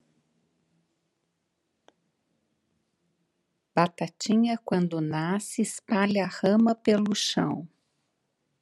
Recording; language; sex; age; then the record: short text; Brazilian Portuguese; female; 50 to 59 years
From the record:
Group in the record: control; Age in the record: 57 years